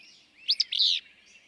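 Willow flycatcher song: two quick sharp high notes followed by a single buzzy, sneezy note, all in under a second.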